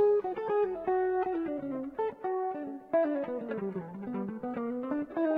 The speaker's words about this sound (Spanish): La ecualización es igual. Es parecida. Con esa cámara, ¿viste? Ese reverb medio noventoso.